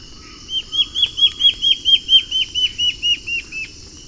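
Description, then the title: Black-faced antbird giving a rapid run of many sharp, down-slurred whistled notes, loudest in the middle and weakening toward the end, over faint background noise. Subspecies ochrolaemus, assumed from location. "LuckyPassaro Completos2Sama. Black-faced Antbird (Myrmoborus myotherinus ochrolaemus (ssp assumed from location))"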